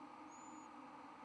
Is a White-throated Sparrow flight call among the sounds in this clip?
no